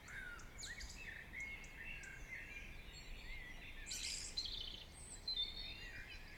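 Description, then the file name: Birds: softer bird chorus of high chirps and thin whistles, a brief louder flurry near the fourth second, against noticeable background hiss. Birds singing in the morning. "Chants Oiseaux du Matin"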